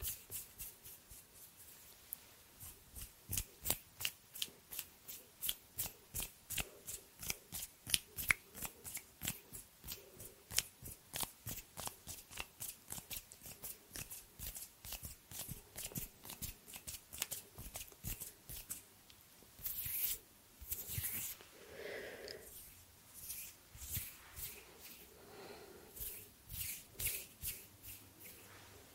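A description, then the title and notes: Hand sounds: a fast, regular series of sharp dry taps and flicks, like cards being riffled, running steadily from the start to about twenty seconds. After that come softer rubbing and brushing sounds with a few louder scrapes, uneven and fuller. ASMR Hand sounds No talking.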